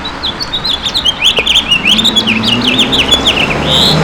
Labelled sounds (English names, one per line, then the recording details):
House Finch song
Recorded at Baldwin on Long Island, New York, on 28 May 2013
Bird J